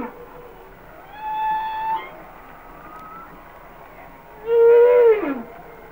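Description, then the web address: Humpback whale song with a rising tonal moan, a quiet upsweep, then a loud level wail that sweeps sharply downward at the end. "Whale Songs Sounds of Nature - Humpback Whales"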